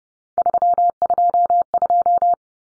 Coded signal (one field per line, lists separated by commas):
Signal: Morse code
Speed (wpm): 30 wpm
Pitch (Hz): 700 Hz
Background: none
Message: 322